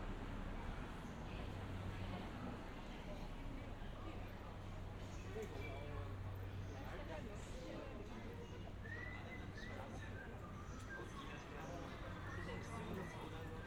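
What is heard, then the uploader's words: Walking through Harajuku in Tokyo, a dense, steady crowd murmur fills the whole stretch, with overlapping voices and no pauses. A low hum runs underneath throughout, and brief brighter calls or laughs rise out of the chatter now and then, especially toward the end. 3D AUDIO Walking in Harajuku(原宿)Tokyo, Japan.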